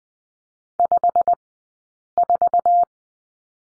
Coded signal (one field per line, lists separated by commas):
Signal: Morse code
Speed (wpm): 19 wpm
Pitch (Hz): 700 Hz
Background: none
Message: 54